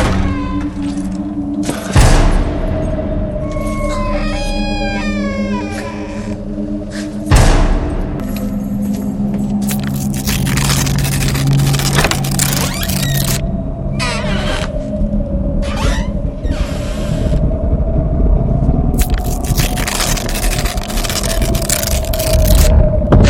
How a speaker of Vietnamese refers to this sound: Tiếng gió thổi vào cửa sổ, làm sách giấy báo dán ở đó, tạo nên một tiếng sột soạt rất đáng sợ.